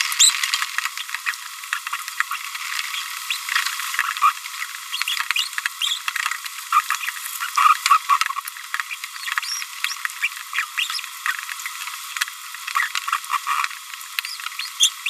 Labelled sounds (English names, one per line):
Green-rumped Parrotlet babbling